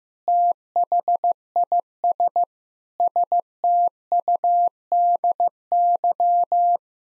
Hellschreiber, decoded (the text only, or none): none